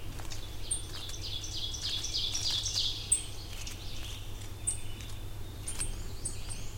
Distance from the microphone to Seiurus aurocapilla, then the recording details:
about 40 m. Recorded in boreal forest in Alberta, Canada, on 20 June 2016 at 08:26. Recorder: SongMeter 3, array SBT-6-81. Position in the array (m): 144 m, 206 m. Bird 25